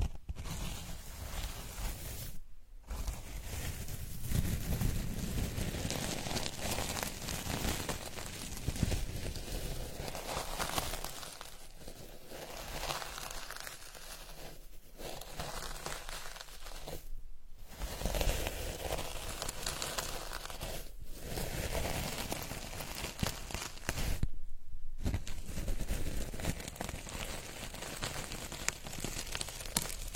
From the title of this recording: Dried Petals Stirred and Crushed